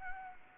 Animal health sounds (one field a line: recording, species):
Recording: mosquito wingbeat signal from an infrared sensor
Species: Anopheles gambiae